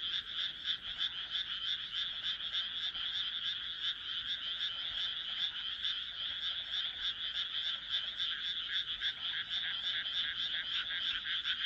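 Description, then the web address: Frogs croaking continuously, fast repeated pulses from several callers forming a steady, rattling chorus. "kaeru kaeru"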